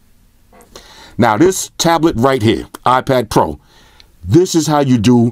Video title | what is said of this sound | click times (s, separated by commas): iPad Pro (2018) "Unboxing And First Impressions" | now all I got to do is go like this locks into place now | 0.8 s